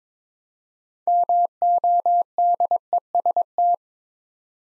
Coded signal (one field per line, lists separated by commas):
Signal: Morse code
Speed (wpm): 22 wpm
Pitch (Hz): 700 Hz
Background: none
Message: MODEST